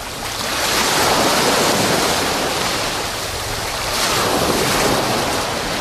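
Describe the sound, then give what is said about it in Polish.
Steady roar of Polish sea waves breaking on a shore in cold autumn weather, a broad hissing wash that swells and recedes in slow surges, with some wind rumble underneath and no voices. “No więc przenosimy się w słodko-gorzką historię, w piękne, ale też szaroburę polskie morze.”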